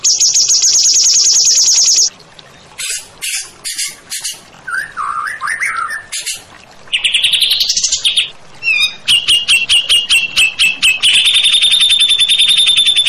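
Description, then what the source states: White-rumped shama song: a long buzzy trill, then separate sharp notes, warbled whistles, a rising phrase and steady high trills. Masteran song-training recording for songbirds, featuring a champion bird.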